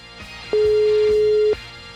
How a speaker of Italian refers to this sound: Non rispondono al telefono.